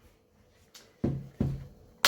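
Someone presses around the cover of an XCiel ATEX Zone 2 rugged protective iPad and iPhone case to make sure it is firmly closed onto the case body, since it had not closed properly and must click all the way around to be compliant. A faint tap at about 0.8 s is followed by two dull low thumps at about 1.0 and 1.4 s, then a sharp, loud plastic snap at 2.1 s. The cover snaps fully closed and is seated.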